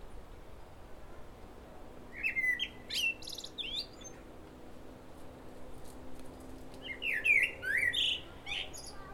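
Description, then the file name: Common blackbird singing two mellow, fluted warbling phrases a few seconds apart, each ending in a thin, squeaky high twitter, over quiet background hiss. "Turdus merula"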